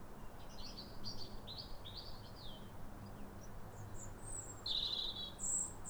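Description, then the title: European robin song: a run of thin, high, warbling phrases early on, then a brighter trill and sharp high notes later, over a steady low background rumble. Pair of robins in neighbouring gardens singing to each other at a clear, calm sunrise on New Year, in winter after weeks of rain. "Sound Escape 150: Be uplifted by a chorus of New Year's robins"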